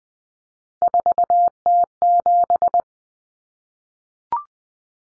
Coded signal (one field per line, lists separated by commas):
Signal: Morse code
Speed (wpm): 20 wpm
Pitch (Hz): 700 Hz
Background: none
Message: 4T7